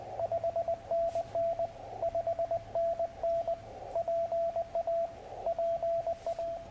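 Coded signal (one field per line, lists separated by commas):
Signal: Morse code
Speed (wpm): 20 wpm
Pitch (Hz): 670 Hz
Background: radio noise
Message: 5NN 5NN PA PA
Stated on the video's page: CW in a Parks on the Air activation, sent with a BaMaKeY TP-III paddle on a Yaesu FT-891 with a Yaesu ATAS-120A antenna.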